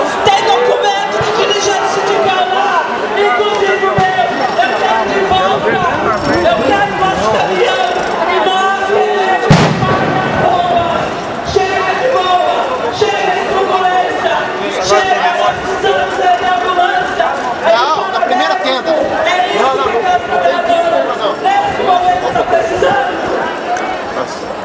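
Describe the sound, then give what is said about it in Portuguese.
A dense protesting crowd shouts and chatters steadily, then a single sharp, loud bang like a bomb blast cuts through once midway before the agitated voices carry on. “Eu já achei que era uma bomba.”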